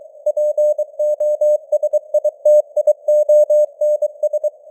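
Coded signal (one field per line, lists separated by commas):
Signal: Morse code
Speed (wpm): 23 wpm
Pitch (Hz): 600 Hz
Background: none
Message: POSITIONS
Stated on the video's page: Morse news headlines at 23 wpm with simulated radio noise and varying signal strength (QSB); experimental.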